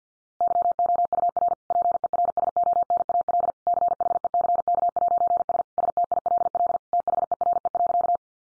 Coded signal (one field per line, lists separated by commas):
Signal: Morse code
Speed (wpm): 50 wpm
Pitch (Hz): 700 Hz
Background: none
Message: YOUR PERSONAL CHECK'S STILL THERE.